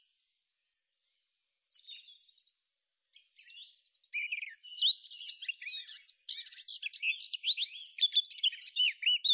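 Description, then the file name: Eurasian blackcap warbling: soft, hesitant twittering for about four seconds, then a louder, dense, rapid scratchy warble to the end. "Kapturka"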